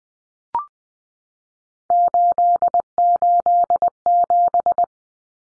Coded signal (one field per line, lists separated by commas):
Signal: Morse code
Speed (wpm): 20 wpm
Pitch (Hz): 700 Hz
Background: none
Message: 887